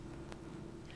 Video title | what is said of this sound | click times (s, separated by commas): Baby Lock Esante ESE2 / Brother PC8200 - PC8500D - Instructional Video | it will click into place | 0.3 s